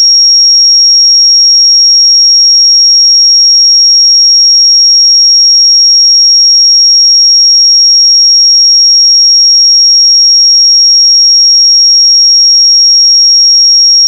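A pure sine tone sounds at 5586 Hz, a single thin, bright, piercing pitch. It holds perfectly steady and unbroken at one level for the full fourteen seconds, with no wavering and nothing else audible around it.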